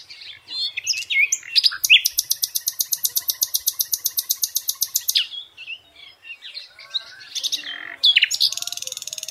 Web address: Sounds nightingale